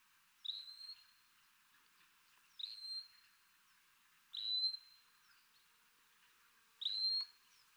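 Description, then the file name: Wallcreeper repeating a short, thin, high whistle about every two seconds, four times in all. "TICHODROME"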